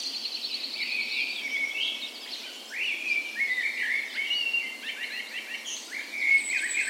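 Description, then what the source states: Birds (dawn chorus): birds singing together at dawn, repeated short whistled phrases and chirps overlapping, a brief high squeaky note near the end over low hiss. Dawn chorus in a park west in Bergen, Norway, on the morning of 17 May, Norway's National Day, in full spring; recorded with Sony PCM A10 and LOM Usi microphones as tree ears.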